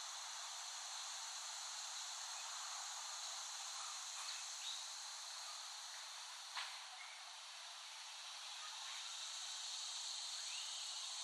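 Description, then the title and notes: Cicadas in a steady high buzz, with a few short sharp clicks and faint brief chirps breaking in over the drone. Cicadas recorded in West Brighton, Staten Island, late summer 2008. "Recording of cicadas made by Dan Bodah in West Brighton, Staten Island, late summer 2008."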